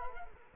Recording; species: mosquito wingbeat signal from an infrared sensor; Culex quinquefasciatus